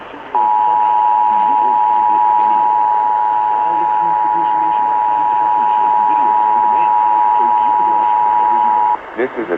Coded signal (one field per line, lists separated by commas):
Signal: Emergency Alert System (SAME) tones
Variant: 853 and 960 Hz attention tone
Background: speech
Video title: IT'S JUNE, NOT APRIL! Broadcast Radio EAS: Required Monthly Test (EAS #266-269)